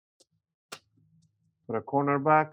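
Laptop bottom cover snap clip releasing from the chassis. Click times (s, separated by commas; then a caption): 0.7 s. A guitar pick wedged between the plastic bottom cover and the case of a Dell Latitude 5330 laptop is twisted up, and a sharp click at 0.7 s marks a snap clip popping loose from the chassis. The clip releases without anything breaking, followed by faint scraping and then someone talking.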